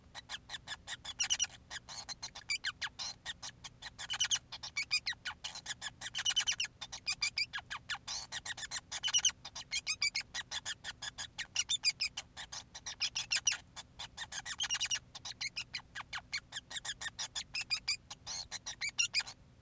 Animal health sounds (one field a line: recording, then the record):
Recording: song of a male Bengalese finch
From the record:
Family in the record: son of father 5